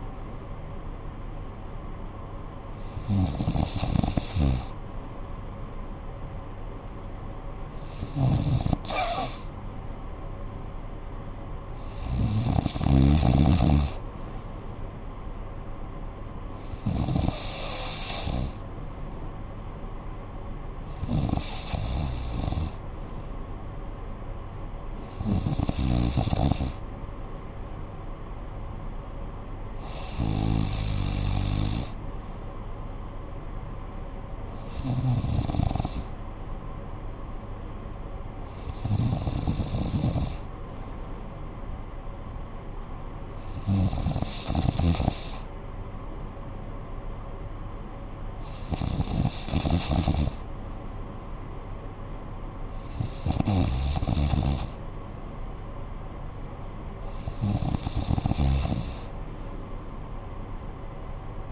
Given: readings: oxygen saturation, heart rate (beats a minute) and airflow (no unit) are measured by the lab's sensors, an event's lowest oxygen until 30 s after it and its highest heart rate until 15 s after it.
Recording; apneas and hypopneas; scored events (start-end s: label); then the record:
breathing in sleep by a smartphone at the bedside; none
none scored
From the record:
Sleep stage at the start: N3 (deep sleep); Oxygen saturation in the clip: 93 to 94%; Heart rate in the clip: 54 to 62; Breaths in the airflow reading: 13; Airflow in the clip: -9.3 to 5.3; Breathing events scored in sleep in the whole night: 445 in 7.6 hours asleep